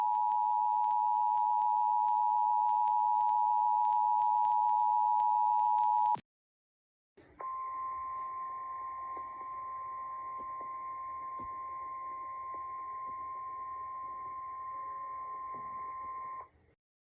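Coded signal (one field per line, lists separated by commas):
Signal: Emergency Alert System (SAME) tones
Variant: 853 and 960 Hz attention tone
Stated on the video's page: Fictional EAS scenario about a 450 mph tornado.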